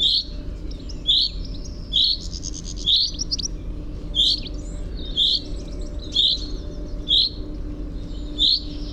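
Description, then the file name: Common chaffinch calls: short, bright, clipped notes repeated several times, with fainter high chips between them and a steady low hum beneath. "Fringilla coelebs"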